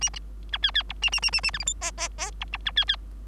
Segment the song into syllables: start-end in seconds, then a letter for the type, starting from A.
0.01-0.10 A, 0.52-0.58 B, 0.62-0.71 C, 0.74-0.83 C, 0.89-0.93 D, 1.02-1.10 A, 1.12-1.20 A, 1.22-1.31 A, 1.32-1.41 A, 1.43-1.51 A, 1.53-1.58 E, 1.59-1.65 F, 1.66-1.73 G, 1.81-1.91 H, 1.97-2.08 H, 2.18-2.31 H, 2.40-2.45 D, 2.52-2.57 D, 2.65-2.72 B, 2.76-2.85 C, 2.87-2.96 C